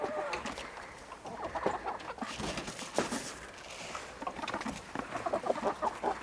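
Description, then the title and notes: Chickens clucking, a busy run of short clucks. Chickens being lured in. "Luring chickens - Csirkék becsalogatása. Ebben a videóban becsalogatjuk a csirkéket és elkapom Bolyhoskát a csirkét"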